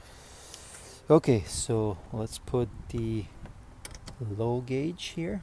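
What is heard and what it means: Someone talks while the low-pressure gauge hose quick coupler is brought to the low-side A/C service port of an M5 E60 to detect an A/C leak and recharge the system. A few brief handling taps are heard between the words. Nothing has seated or clicked yet.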